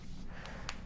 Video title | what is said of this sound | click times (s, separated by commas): Sony Tablet P Unboxing The Dual Screen Tablet | Snap into place. | 0.5 s, 0.7 s